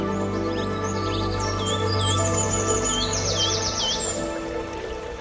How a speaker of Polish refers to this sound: Jakbyśmy zostawili już po epidemii trochę tej przestrzeni przyrodzie, którą bardzo śmiało tej przyrodzie zabieramy, to myślę, że będziemy mieli zdrowszy ekosystem i będziemy częściej słyszeć śpiew ptaków nad sobą.